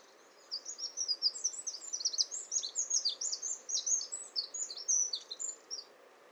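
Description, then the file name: Eurasian wren song, a long, fast outpouring of high, shrill notes and trills, tumbling and varied, lasting about five seconds over quiet background hiss. "Troglodytes troglodytes"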